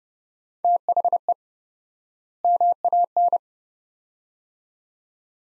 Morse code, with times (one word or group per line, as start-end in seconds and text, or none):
0.6-1.3 THE
2.4-3.4 MAN